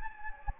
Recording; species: mosquito wingbeat signal from an infrared sensor; Anopheles gambiae